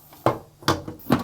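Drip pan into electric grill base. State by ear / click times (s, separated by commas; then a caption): seated / 0.3 s, 0.7 s. A small drip pan for catching oil is pushed into its slot under the plate of an indoor electric grill, giving sharp knocks at 0.3 s and 0.7 s, followed by a fainter knock near 0.9 s and another sharp one near 1.1 s. The drip pan locks in place in the grill base.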